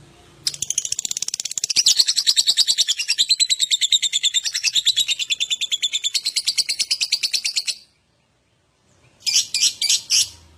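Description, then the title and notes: Lovebird song: a rapid, steady stream of high harsh chirps lasting several seconds, a pause, then a short burst of the same chatter. Adult lovebird singing vigorously, called gacor, with owor-style song. "#5. LOVEBIRD GACOR OWOR OWOR. Lovebird Dewasa"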